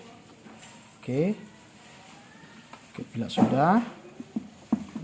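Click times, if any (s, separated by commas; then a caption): 4.7 s. A power cable connector is lined up with its key and pushed into a motherboard header, latching in with a sharp click at 4.7 s. Someone talks during the clip, and the connector ends up locked and fully installed.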